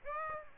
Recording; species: mosquito wingbeat signal from an infrared sensor; Aedes aegypti